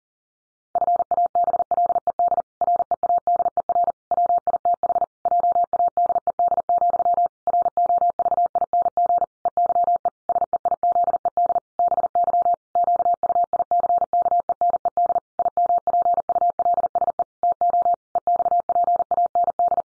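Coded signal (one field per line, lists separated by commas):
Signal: Morse code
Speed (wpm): 37 wpm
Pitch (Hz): 700 Hz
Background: none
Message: FABLED READER WITH JADED, ROVING EYE SEIZED BY QUICKENED IMPULSE TO EXPAND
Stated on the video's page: Morse pangram practice at 40 wpm, each pangram sent twice.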